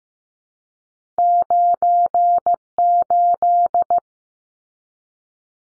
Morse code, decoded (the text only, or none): 98